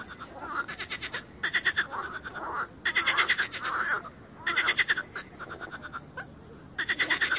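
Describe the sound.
Frogs croaking in a chorus, bursts of rapid ratchety pulses alternating with softer nasal croaks, several callers overlapping throughout.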